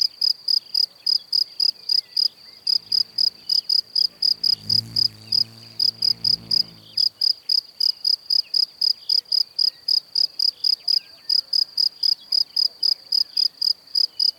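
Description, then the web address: Cricket song of steady high chirps, nearly four per second, continuing throughout while a low rumbling noise passes briefly in the middle. "Kurs PTTK Przyroda Ptaki Świerszcze"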